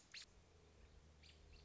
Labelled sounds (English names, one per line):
American Robin